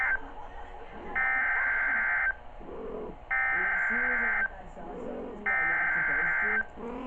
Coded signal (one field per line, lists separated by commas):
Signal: Emergency Alert System (SAME) tones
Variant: header bursts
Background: speech